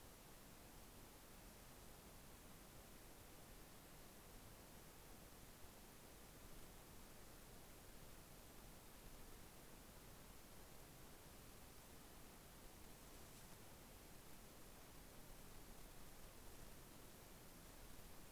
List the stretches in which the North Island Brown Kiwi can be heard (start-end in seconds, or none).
none